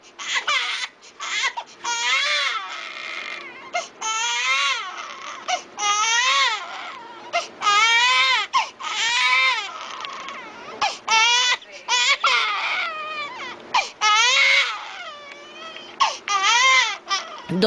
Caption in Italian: C'è un ulteriore tipo di pianto che è frequente tra la seconda e la terza settimana di vita, quando il bambino è proprio piccolino. Il pianto delle cosiddette coliche gassose. Quando ha male alla pancia, muove anche le gambe. Sembra essere un bambino che è inconsolabile, che non smette di piangere. Questo di solito avviene nel tardo pomeriggio, nella prima serata.